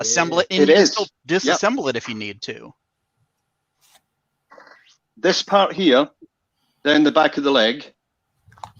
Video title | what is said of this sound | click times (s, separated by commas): An Evening with Everyone | just pops into place | 8.6 s